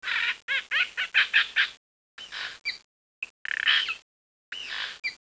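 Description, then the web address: Bird calls in harsh, chattering bursts with wavering, warbling pitch, delivered in several quick runs separated by brief silent gaps. "copan vol Bird"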